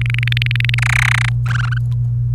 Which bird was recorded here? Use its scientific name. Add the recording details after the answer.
Serinus canaria. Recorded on 28 April 2018 at 07:36. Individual llb3